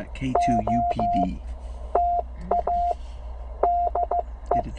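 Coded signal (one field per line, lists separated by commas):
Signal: Morse code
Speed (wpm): 15 wpm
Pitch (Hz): 700 Hz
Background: speech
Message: OTA DE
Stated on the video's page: CW call sign copy practice from an outdoor operation, plainly a Penntek TR45L radio with a Bamatech TP III key on battery.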